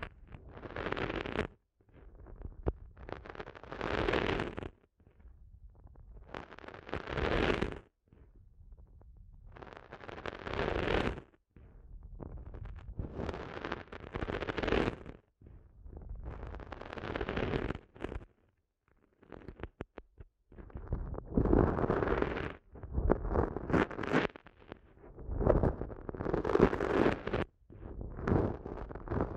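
Eardrum massage sounds come in repeated rubbing, muffled swells that rise and fade, each lasting one to three seconds with short gaps between. Bursts are dense and rumbly, carrying some brighter rustle on top, and they grow quicker and more frequent after about twenty seconds.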